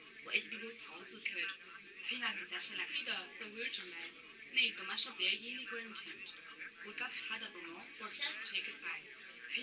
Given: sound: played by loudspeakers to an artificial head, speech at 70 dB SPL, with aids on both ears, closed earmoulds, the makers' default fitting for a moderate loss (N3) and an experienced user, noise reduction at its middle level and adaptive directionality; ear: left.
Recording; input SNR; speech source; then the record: speech test signal (ISTS) in cocktail-party noise; +3 dB; on the right (90 degrees)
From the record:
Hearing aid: class 2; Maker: H